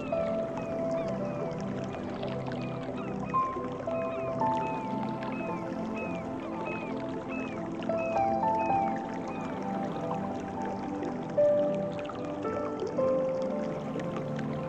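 Calm music plays over a steady bed of water sounds, with sustained held tones and short gliding notes recurring every second or so in the upper range. A dense, even low hum runs throughout, with slight swells around eight and eleven seconds.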